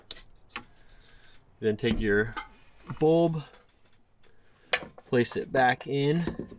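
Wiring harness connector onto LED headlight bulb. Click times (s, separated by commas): 0.1 s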